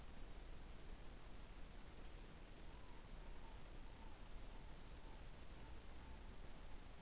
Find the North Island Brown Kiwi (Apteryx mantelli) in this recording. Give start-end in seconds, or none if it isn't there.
none